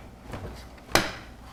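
A graphics card is pushed straight down into a motherboard PCIe slot, and a soft rubbing sound around 0.3 s leads up to a sharp, loud click at 1.0 s as the plastic retention lever clicks. The card is seated.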